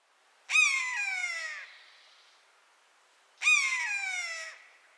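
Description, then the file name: Common buzzard giving two long, drawn-out mewing calls that start abruptly and glide steadily downward in pitch, about three seconds apart. "maeusebussard"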